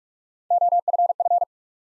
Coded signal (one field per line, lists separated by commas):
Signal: Morse code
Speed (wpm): 44 wpm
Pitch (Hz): 700 Hz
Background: none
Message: OFF